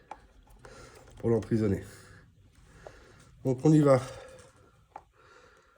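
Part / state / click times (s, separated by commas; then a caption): red wire terminal into motor connector housing / seated / 5.0 s. On an Ausom L2 Max e-scooter, the red wire's crimped metal terminal is pushed into the plastic connector housing of the motor wiring while someone talks. A short, sharp click at 5.0 seconds marks its small T-shaped tab snapping in, and the terminal is locked in place.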